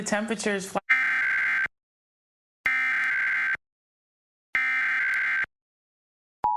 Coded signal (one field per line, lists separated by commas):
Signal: Emergency Alert System (SAME) tones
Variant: header bursts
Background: speech